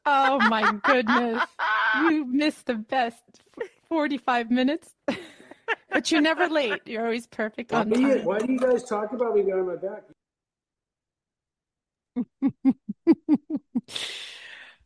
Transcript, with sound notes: Oh my goodness.
(laughs)
You missed the best f- 45 minutes.
(laughs)
But you're never late. You're always perfect on time.
Why do you, why do you guys talk about me behind my back?